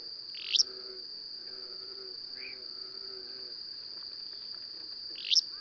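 Bird with two brief sharp chirps about five seconds apart, a soft lower note between them, and a steady high tone humming throughout.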